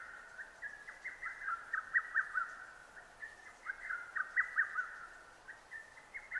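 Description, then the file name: Lesser cuckoo singing hurried phrases of sharp whistled notes, one after another with short pauses between, each tumbling through several clipped syllables. Recorded 6 June 2009. "hototogisu-20090606"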